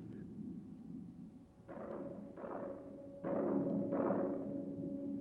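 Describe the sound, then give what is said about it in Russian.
Artillery fire from the war front rumbles like thunder: four dull, heavy booms in two pairs, each swelling and fading over a steady low rumble, growing slightly louder toward the end. “Чуеце? Што гэта? Гром? Гэта фронт, Галя. Фронт.”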